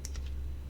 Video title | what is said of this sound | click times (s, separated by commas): Montech LightFlow ARGB | which is like this. You'll hear a click. | 0.1 s